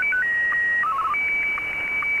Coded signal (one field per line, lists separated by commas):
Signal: SSTV (slow-scan television)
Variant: Martin 1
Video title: Recap of Pirate Radio Activity Saturday 10 September 2022